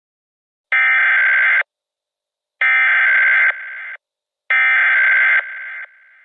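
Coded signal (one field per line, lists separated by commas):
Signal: Emergency Alert System (SAME) tones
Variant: header bursts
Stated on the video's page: Fictional EAS scenario based on a dream.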